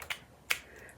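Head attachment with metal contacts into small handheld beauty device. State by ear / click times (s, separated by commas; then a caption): seated / 0.5 s. A head attachment with metal contacts is lined up by those contacts, inserted into a small handheld beauty device and twisted until it locks. A faint tick comes near 0.1 s, then a sharp, bright click at 0.5 s as the attachment seats, followed by quiet.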